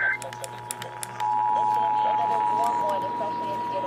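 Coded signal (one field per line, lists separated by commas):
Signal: Emergency Alert System (SAME) tones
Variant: 853 and 960 Hz attention tone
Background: speech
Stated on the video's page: Los Angeles Required Monthly Test on the Emergency Alert System.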